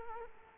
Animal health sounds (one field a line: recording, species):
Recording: mosquito wingbeat signal from an infrared sensor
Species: Culex quinquefasciatus